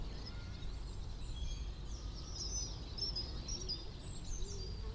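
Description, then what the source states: Birds singing, with many quick high chirps and twittering notes overlapping throughout against a constant low wind roar. Birds in St Albans, with wind.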